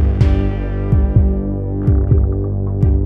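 A deep, throbbing heartbeat pulses in paired thumps, repeating about once a second over a steady, sustained humming drone with no voices.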